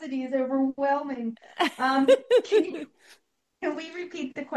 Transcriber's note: laughs